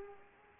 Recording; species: mosquito wingbeat signal from an infrared sensor; Culex pipiens